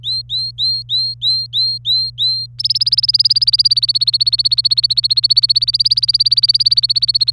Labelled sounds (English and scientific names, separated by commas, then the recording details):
Domestic Canary (Serinus canaria) song
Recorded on 27 April 2018 at 14:39
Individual llb3